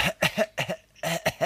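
A man coughs: a slight, recurring cough that comes on and off.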